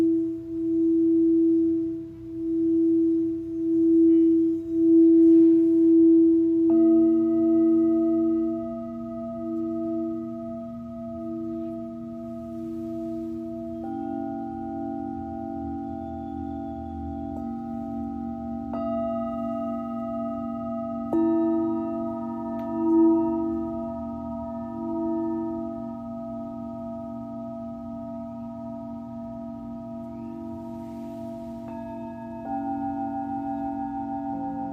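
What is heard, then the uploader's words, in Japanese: Singing bowls ring in long, sustained tones for sound healing, a steady low hum wavering and pulsing through the first seconds. New bowls are struck about every seven seconds, adding brighter layered tones that hang and overlap until the end, with a soft low rumble beneath. メキシコから シンギングボウルのサウンドヒーリング ライブ。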